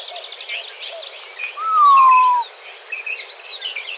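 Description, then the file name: Montezuma quail calling once, a clear downslurred whistle lasting nearly a second, with assorted high chirps and trills from other birds around it. Recorded in Arizona on 17 May 2004. "MONTEQUAIL 051704"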